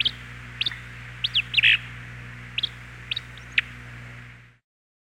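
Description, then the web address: Acadian flycatcher song: a few quick high notes and an explosive burst, then scattered single high notes over a low constant hum, before the sound cuts off. "peterchen. 101 Bird Songs. Acadian Flycatcher"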